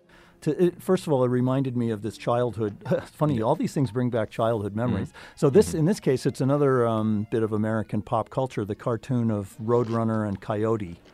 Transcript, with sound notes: first of all, it reminded me of this childhood … [CHUCKLES] Funny —
Yeah.
— all these things bring back childhood memories.
Mm-hmm, mm-hmm.
So, this, in this case, it’s another bit of American pop culture, the cartoon of Roadrunner and Coyote.